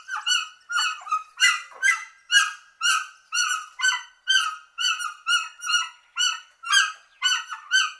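White-winged guan giving loud, nasal, harmonic honking notes, repeated steadily about twice a second with slight variation in pitch, no other sounds.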